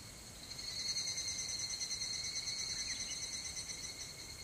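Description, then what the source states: Higurashi cicada trill, steady and shrill with a fast pulse, building in the first second and holding; a tiny chirp slips in past the middle. Song referred to as kanakana.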